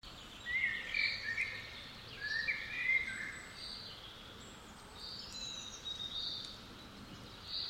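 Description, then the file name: Common blackbird song with two mellow warbled phrases early on, followed by thin high notes. "Turdus merula"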